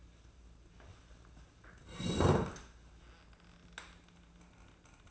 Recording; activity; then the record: daily activity, microphone in the room; sit down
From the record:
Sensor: 2